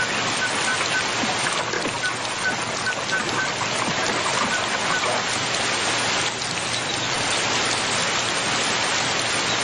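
Steady rain falls without a break, a dense hiss of drops pattering on a surface, with no voices over it and only slight swells in intensity.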